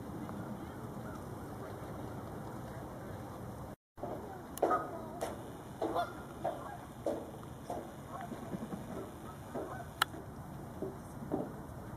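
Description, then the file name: Goose: after a brief silent gap, a scattered series of short honks and cackles of varying loudness over low background noise. "Galuu goose"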